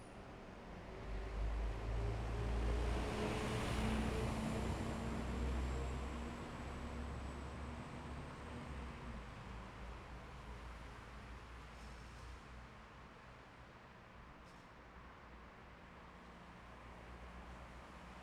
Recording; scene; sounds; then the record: everyday scene through a hearing-aid microphone; in traffic; traffic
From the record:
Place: bus stop on a city main road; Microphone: behind the ear, left, rear